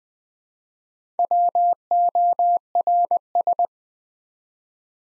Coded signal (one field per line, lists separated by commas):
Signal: Morse code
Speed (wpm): 20 wpm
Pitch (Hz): 700 Hz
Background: none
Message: WORS